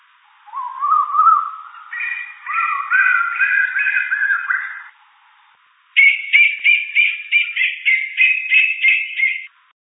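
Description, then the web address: Common koel calling: a run of loud, rising whistled notes repeated in quick succession and climbing in pitch, a pause, then a faster series of repeated ringing notes. Garden bird recorded in Canberra. "common Koel. canberra-garden-birds cuckoos"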